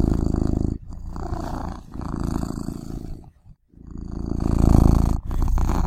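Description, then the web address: Cat purring: a deep, rumbling, steady vibration that swells and fades with each breath, broken by brief pauses. "~k garrigue Final Sounds Cat Purring"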